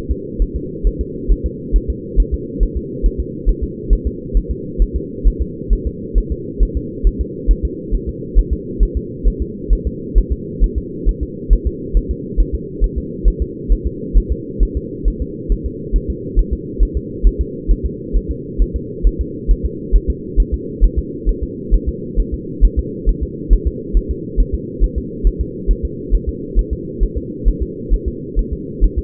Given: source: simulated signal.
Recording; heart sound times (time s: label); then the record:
fetal heart sounds
0.11 s: S2
0.42 s: S1
0.56 s: S2
0.87 s: S1
1.01 s: S2
1.32 s: S1
1.46 s: S2
1.76 s: S1
1.90 s: S2
2.20 s: S1
2.34 s: S2
2.63 s: S1
2.77 s: S2
3.06 s: S1
3.20 s: S2
3.49 s: S1
3.63 s: S2
3.93 s: S1
4.07 s: S2
4.37 s: S1
4.51 s: S2
4.82 s: S1
4.96 s: S2
5.27 s: S1
5.42 s: S2
5.73 s: S1
5.87 s: S2
6.18 s: S1
6.32 s: S2
6.63 s: S1
6.77 s: S2
7.07 s: S1
7.21 s: S2
7.51 s: S1
7.65 s: S2
7.95 s: S1
8.09 s: S2
8.39 s: S1
8.53 s: S2
8.83 s: S1
8.97 s: S2
9.28 s: S1
9.42 s: S2
9.73 s: S1
9.87 s: S2
10.18 s: S1
10.32 s: S2
10.64 s: S1
10.78 s: S2
11.09 s: S1
11.23 s: S2
11.53 s: S1
11.67 s: S2
11.97 s: S1
12.11 s: S2
12.40 s: S1
12.55 s: S2
12.84 s: S1
12.98 s: S2
13.28 s: S1
13.42 s: S2
13.72 s: S1
13.87 s: S2
14.17 s: S1
14.32 s: S2
14.63 s: S1
14.77 s: S2
15.08 s: S1
15.22 s: S2
15.52 s: S1
15.66 s: S2
15.96 s: S1
16.10 s: S2
16.39 s: S1
16.53 s: S2
16.83 s: S1
16.97 s: S2
17.27 s: S1
17.41 s: S2
17.71 s: S1
17.86 s: S2
18.17 s: S1
18.31 s: S2
18.62 s: S1
18.76 s: S2
19.07 s: S1
19.21 s: S2
19.51 s: S1
19.65 s: S2
19.95 s: S1
20.10 s: S2
20.40 s: S1
20.54 s: S2
20.84 s: S1
20.98 s: S2
21.29 s: S1
21.43 s: S2
21.74 s: S1
21.89 s: S2
22.20 s: S1
22.34 s: S2
22.65 s: S1
22.79 s: S2
23.09 s: S1
23.23 s: S2
23.53 s: S1
23.67 s: S2
23.97 s: S1
24.11 s: S2
24.40 s: S1
24.55 s: S2
24.84 s: S1
24.98 s: S2
25.27 s: S1
25.41 s: S2
25.71 s: S1
25.85 s: S2
26.15 s: S1
26.29 s: S2
26.59 s: S1
26.73 s: S2
27.03 s: S1
27.17 s: S2
27.48 s: S1
27.62 s: S2
27.94 s: S1
28.08 s: S2
28.39 s: S1
28.53 s: S2
28.84 s: S1
28.98 s: S2
From the record:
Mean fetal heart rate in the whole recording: 135 bpm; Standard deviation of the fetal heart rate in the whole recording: 3 bpm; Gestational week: 36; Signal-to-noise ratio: -4.1 dB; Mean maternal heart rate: no maternal heart sound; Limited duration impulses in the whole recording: absent